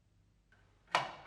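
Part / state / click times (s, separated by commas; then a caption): battery adapter onto bike battery / seated / 0.9 s. A battery adapter from an ARCC bag adapter kit is slid onto a Brompton e-bike battery. After a quiet lead-in with a faint sliding sound, a sharp click comes at 0.9 s as the adapter seats onto the battery.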